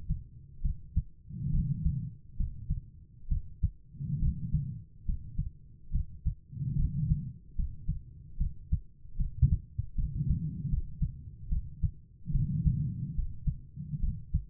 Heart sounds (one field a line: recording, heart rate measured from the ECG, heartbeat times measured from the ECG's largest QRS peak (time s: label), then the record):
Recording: heart sounds by stethoscope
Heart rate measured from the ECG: 72 bpm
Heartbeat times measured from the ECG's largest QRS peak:
0.61 s: heartbeat
1.50 s: heartbeat
2.36 s: heartbeat
3.28 s: heartbeat
4.19 s: heartbeat
5.05 s: heartbeat
5.91 s: heartbeat
6.75 s: heartbeat
7.55 s: heartbeat
8.37 s: heartbeat
9.16 s: heartbeat
9.95 s: heartbeat
10.69 s: heartbeat
11.48 s: heartbeat
12.31 s: heartbeat
13.15 s: heartbeat
13.99 s: heartbeat
From the record:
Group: healthy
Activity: rest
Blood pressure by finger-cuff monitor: 99/71 mmHg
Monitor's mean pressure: 81 mmHg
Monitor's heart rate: 70 bpm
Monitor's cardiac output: 5.1 L/min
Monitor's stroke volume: 73 mL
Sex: female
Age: 32 years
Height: 172 cm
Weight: 71.7 kg